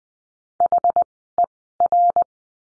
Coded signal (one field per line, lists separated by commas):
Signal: Morse code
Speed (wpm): 20 wpm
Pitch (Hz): 700 Hz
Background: none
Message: HER